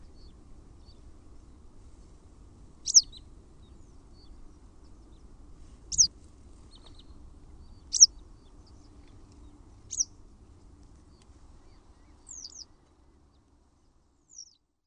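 Western Yellow Wagtail calling: six thin, high, downslurred notes spaced about two to three seconds apart, the later ones fainter, with faint low background hum.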